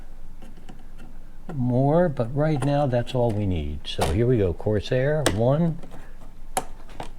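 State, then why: Seated. Someone talks while a second Corsair RAM stick is pressed into its motherboard memory slot. A sharp snap is heard at 6.6 s as the latch closes and the module seats.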